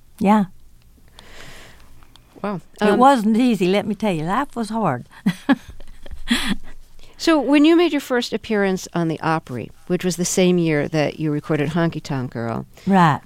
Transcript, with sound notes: yeah.
Wow.
It wasn't easy, let me tell you. Life was hard (laughter).
So when you made your first appearance on the Opry, which was the same year that you recorded "Honky Tonk Girl..."